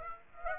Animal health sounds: mosquito wingbeat signal from an infrared sensor; Aedes aegypti

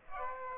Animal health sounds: mosquito wingbeat signal from an infrared sensor; Aedes aegypti

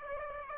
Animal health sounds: mosquito wingbeat signal from an infrared sensor; Aedes aegypti

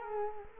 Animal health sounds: mosquito wingbeat signal from an infrared sensor; Culex quinquefasciatus

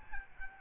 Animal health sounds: mosquito wingbeat signal from an infrared sensor; Aedes albopictus

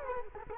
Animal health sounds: mosquito wingbeat signal from an infrared sensor; Culex quinquefasciatus

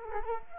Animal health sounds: mosquito wingbeat signal from an infrared sensor; Culex quinquefasciatus

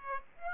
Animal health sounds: mosquito wingbeat signal from an infrared sensor; Aedes aegypti

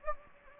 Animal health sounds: mosquito wingbeat signal from an infrared sensor; Anopheles gambiae

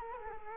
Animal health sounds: mosquito wingbeat signal from an infrared sensor; Culex quinquefasciatus

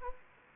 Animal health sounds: mosquito wingbeat signal from an infrared sensor; Anopheles gambiae

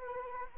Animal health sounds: mosquito wingbeat signal from an infrared sensor; Anopheles arabiensis

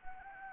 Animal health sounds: mosquito wingbeat signal from an infrared sensor; Anopheles arabiensis

